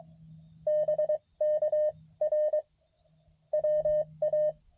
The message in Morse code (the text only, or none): BK R WA